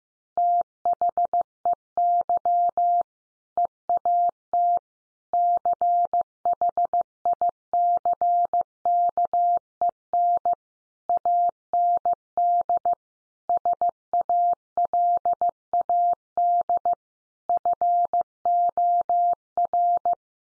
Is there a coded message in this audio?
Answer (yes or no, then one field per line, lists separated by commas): yes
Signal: Morse code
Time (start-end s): 0.4-20.1 s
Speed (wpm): 14 wpm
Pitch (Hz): 700 Hz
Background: none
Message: THEY EAT CHICKEN AND SALAD FOR